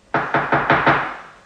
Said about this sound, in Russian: Я очнулась, когда раздался стук в дверь нашей квартиры.